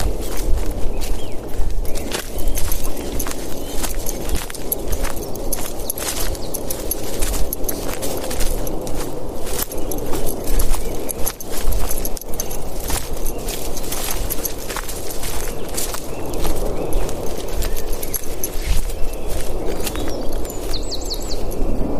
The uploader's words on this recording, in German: Abends mit dem Hund im Wald. Aufnahme eines Spaziergangs im Wald.